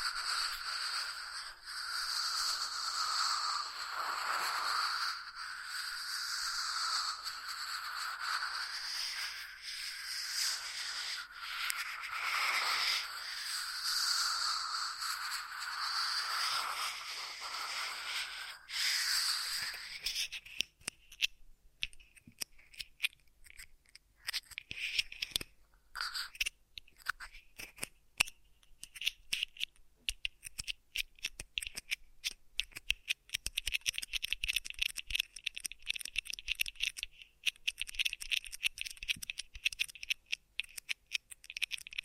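Ear massage triggers: for the first twenty seconds a steady, bright rubbing hiss swells and eases in slow waves. Then it changes to dense, irregular crackling and tapping with sharp clicks and scratches, brightening further toward the end.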